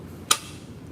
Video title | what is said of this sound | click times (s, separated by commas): FLY ROY THA TREND SETTA is live! | and you push them and they're going you're going to hear it lock in place | 0.3 s